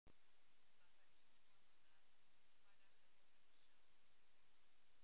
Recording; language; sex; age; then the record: short text; Brazilian Portuguese; female; 40 to 49 years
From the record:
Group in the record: control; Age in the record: 40 years